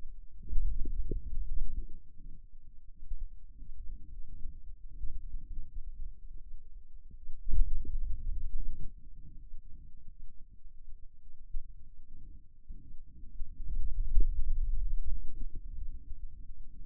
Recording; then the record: forearm muscle sounds (acoustic myography)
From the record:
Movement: finger pinch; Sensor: system 2, bracelet of six BSWA MPA416 microphones around the upper forearm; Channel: 3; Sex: male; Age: 22 years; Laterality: right